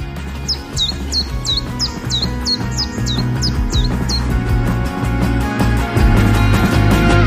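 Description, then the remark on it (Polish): A bird sings a quick series of about ten bright, high, downward-sweeping chirps in steady rhythm over a dense, loud low hum that continues after the song stops. “Ale gdyby jednak, co by Państwo robili w tym dodatkowym czasie? Może słuchali ptaków?”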